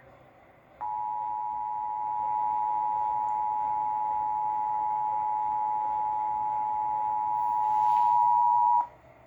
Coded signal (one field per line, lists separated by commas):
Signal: Emergency Alert System (SAME) tones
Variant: 853 and 960 Hz attention tone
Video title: EAS Recreation: McLean's 911 Outage